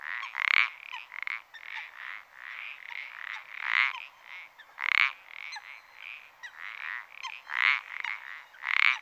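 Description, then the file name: Common parsley frog with harsh, creaky croaks, a few louder ones standing out among many softer croaks. "pelodyte-ponctué"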